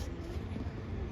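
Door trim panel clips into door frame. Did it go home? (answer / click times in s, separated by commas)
no / none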